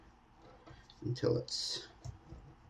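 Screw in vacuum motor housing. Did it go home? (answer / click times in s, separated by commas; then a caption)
no / 2.1 s. Screws are driven with a Craftsman driver in a crisscross pattern into the motor and housing of a Rainbow vacuum while someone talks. One screw gives a single tick at 2.1 s, and that screw strips while tightening, so it may need a new screw.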